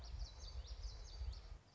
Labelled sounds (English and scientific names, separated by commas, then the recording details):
Common Yellowthroat (Geothlypis trichas)
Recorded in Sonoma County, California